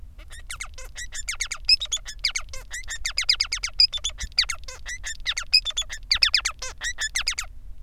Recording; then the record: song of a male Bengalese finch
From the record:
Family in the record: son of father 3